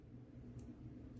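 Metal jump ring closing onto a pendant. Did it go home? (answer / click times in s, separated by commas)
yes / 0.6 s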